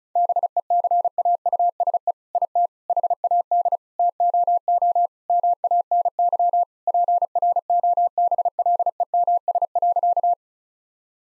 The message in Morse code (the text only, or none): BECAUSE IT HAD TOO MANY PROBLEMS.